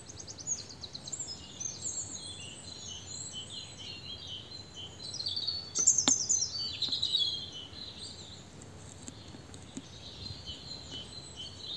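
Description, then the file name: European robin delivering thin, high warbled phrases, louder in the middle, with a few faint clicks. "Erithacus rubecula"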